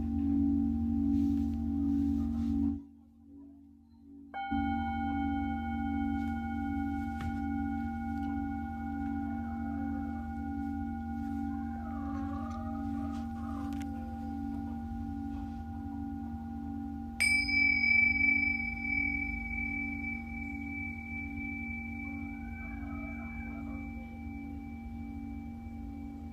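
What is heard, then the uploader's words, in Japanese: Singing bowls hum with a steady low drone and long ringing overtones. Near three seconds the sound briefly drops away, then a bowl is struck again around four seconds and another at about seventeen, each strike leaving a bright tone that slowly fades while the deep hum continues. メキシコから シンギングボウルのサウンドヒーリング ライブ。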